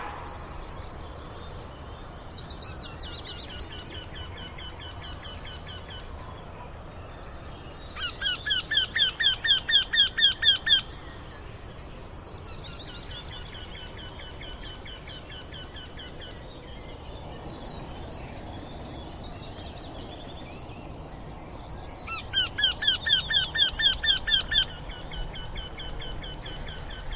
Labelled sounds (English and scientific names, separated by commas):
Eurasian Wryneck (Jynx torquilla)